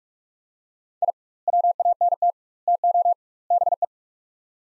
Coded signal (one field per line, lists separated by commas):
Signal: Morse code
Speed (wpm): 42 wpm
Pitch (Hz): 700 Hz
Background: none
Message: I WANT TO BE